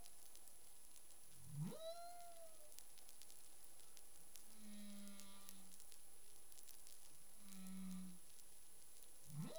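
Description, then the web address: Humpback whale sounds: rising whoops at the start and end, with two steady low moans between them, set against continuous crackling hiss. Caribbean; recorded 25 February 2021 at 11:23 UTC. "CARIMAM. humpback whale 20210225 112328 UTC"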